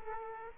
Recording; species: mosquito wingbeat signal from an infrared sensor; Aedes aegypti